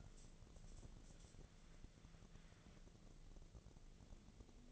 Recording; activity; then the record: daily activity, microphone in the room; wipe stove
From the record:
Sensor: 4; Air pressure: 1001.3 hPa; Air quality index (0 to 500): 184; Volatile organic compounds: 2 ppm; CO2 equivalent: 1314 ppm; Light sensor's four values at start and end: 13/29/12/12 and 13/29/12/12